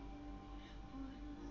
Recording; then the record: background sound without coughing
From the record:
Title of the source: BackgroundMusic4